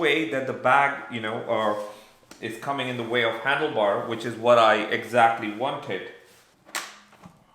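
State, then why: Released. Someone talks for about the first six seconds, then the release strap on an SW-Motech PRO Engage tank bag fitted to a BMW R1250GS Adventure is pulled. The bag's quick-release base comes off the plastic tank ring with one sharp hit at 6.8 s, and the bag is released from the tank ring mount.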